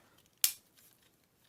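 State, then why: Seated. A plastic foot panel on a Make Toys Battle Tanker Series MT-05CS Battle Sentinel transforming robot figure is pushed into its slot in the figure's foot. It closes with a single loud, sharp snap at 0.4 s, and the panel seats into place. Quieter faint clicks follow.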